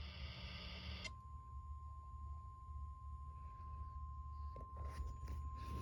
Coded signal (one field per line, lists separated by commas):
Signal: Emergency Alert System (SAME) tones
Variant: 1050 Hz attention tone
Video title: EAS Tornado Warning for my area in 2011. (enhanced audio)